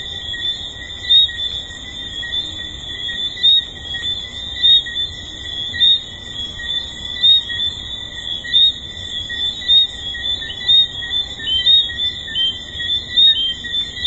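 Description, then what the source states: Tree frogs calling, a dense, steady, high-pitched chorus of continuous trilling with pulsing swells roughly every second. Recorded at the Hedonism II resort; several tree frogs.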